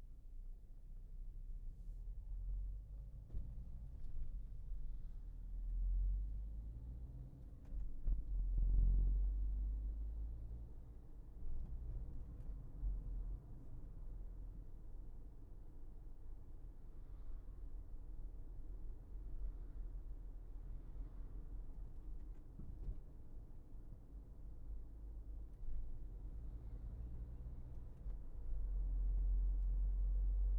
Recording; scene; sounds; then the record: everyday scene through a hearing-aid microphone; in a vehicle; engine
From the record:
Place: Berlingo II, diesel engine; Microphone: behind the ear, left, rear